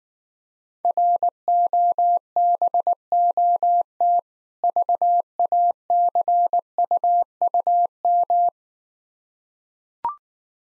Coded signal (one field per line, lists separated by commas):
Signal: Morse code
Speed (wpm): 19 wpm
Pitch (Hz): 700 Hz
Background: none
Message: ROBOT VACUUM